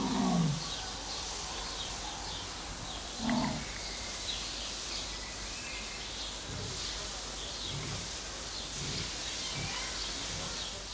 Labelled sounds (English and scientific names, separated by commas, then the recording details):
Leopard (Panthera pardus) call
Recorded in captivity
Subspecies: saxicolor
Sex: male
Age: adult
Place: Zoo Berlin, Berlin, DE
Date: 2004-06-07 13:50
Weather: partly sunny, 23-25°C
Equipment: Sony WM-D6C, Sennheiser ME 80, Kopie Uher 4000 Report Monitor
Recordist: Tembrock, Günter